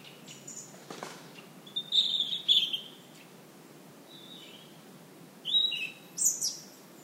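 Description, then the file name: European robin with several separate thin, high warbled phrases, some sliding and some trilled, spaced by pauses of a second or two, and a soft click early. "Erithacus rubecula"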